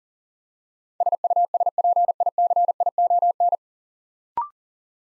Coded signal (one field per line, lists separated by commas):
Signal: Morse code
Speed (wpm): 40 wpm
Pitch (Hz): 700 Hz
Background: none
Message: SUSPICION